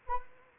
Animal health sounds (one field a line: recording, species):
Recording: mosquito wingbeat signal from an infrared sensor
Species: Anopheles arabiensis